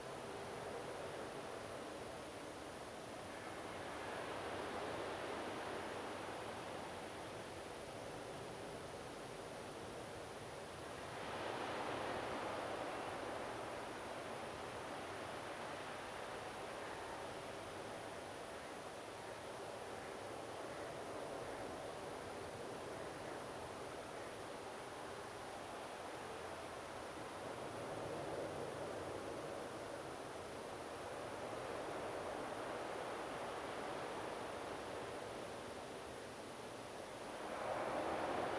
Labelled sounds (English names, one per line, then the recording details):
Common Ringed Plover
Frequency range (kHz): Common Ringed Plover 2.6-3.1 kHz
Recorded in France